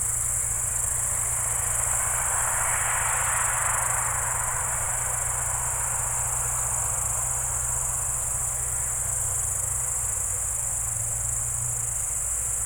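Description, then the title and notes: Crickets trilling continuously at high pitch while a vehicle swells and fades early on, and a low tractor-like engine hum runs beneath. Evening crickets at Spalona Pass, Bystrzyckie Mountains, Poland, 18 July 2024 around 19:00; old tractor mowing grass in the village below and passing cars in background. "Spalona 6, 57-516, Polska - Spalona Pass - crickets and haymaking. Przełęcz Spalona w Górach Bystrzyckich. wieczorne świerszcze"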